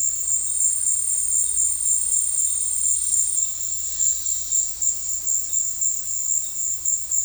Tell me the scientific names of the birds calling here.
none